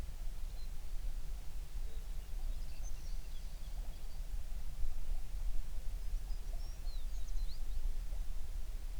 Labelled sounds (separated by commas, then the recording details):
songbird
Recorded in the Prudhoe Bay oil fields, Alaska, on 11 June 2019 at 04:35
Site 21